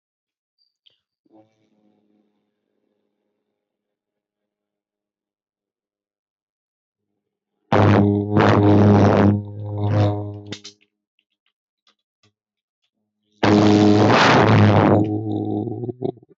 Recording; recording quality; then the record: sustained vowel as in boot; poor, much background noise or distortion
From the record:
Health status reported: healthy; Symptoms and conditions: none ticked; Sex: male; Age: 26 years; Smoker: not ticked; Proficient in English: yes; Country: India